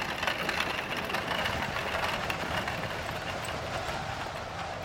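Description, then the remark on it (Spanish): Hooves clip-clop steadily beneath the continuous rumble and rattle of a horse-drawn carriage rolling along, holding an even, moderately loud level throughout with no voices. “El oficial me acompañó en el vehículo, mientras un soldado nos seguía llevando su caballo y los demás regresaban al cuartel.”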